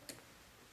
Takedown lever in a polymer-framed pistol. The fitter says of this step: that click right there now once it's it's in that position